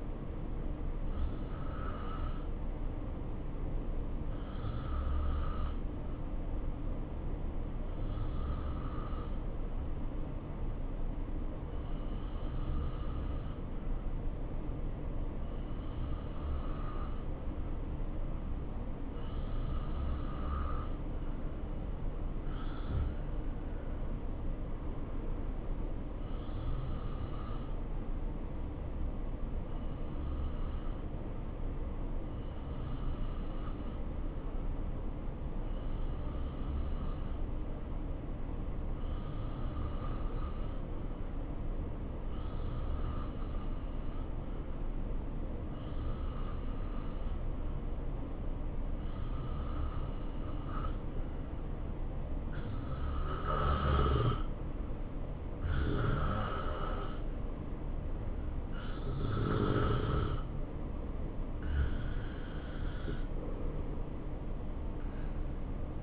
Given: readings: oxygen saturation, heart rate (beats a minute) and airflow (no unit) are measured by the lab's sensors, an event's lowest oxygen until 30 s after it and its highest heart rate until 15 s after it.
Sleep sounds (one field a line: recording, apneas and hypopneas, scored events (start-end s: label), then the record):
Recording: breathing in sleep by a smartphone at the bedside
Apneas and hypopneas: 1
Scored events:
3.00-53.40 s: hypopnea (N2, oxygen 94% highest, then 87% lowest, heart rate 63 at the start, 71 highest)
From the record:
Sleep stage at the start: N2 (light sleep)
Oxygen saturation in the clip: 87 to 94%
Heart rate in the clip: 62 to 71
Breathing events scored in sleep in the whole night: 277 in 7.4 hours asleep